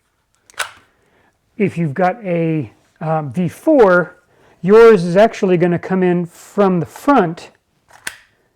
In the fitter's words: and slide in and lock into place so